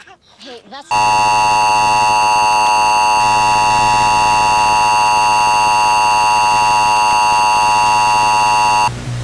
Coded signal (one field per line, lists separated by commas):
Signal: Emergency Alert System (SAME) tones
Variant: 853 and 960 Hz attention tone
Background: speech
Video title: Realtime Weekly Alert Simulation | An EAS Scenario